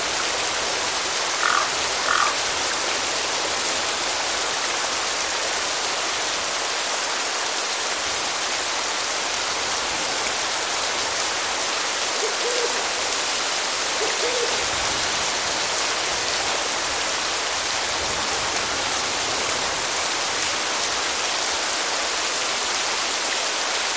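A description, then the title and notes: Gentle rain falls in a steady, dense hiss that stays even from start to finish, bright and airy with little low rumble. Near the start, around two seconds in, two short calls stand out, and faint owl hoots sound twice around twelve to fifteen seconds. Cemetery Rainstorm #2. The soothing sounds of a rainstorm in a cemetery. Gentle rain falling, crows, and owls.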